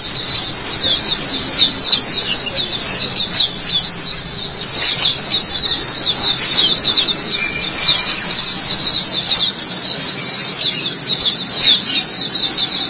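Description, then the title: White-eye singing a long, high-pitched twittering warble, rapid chirps chained together with only brief dips in loudness. "Kicauan Burung Pleci"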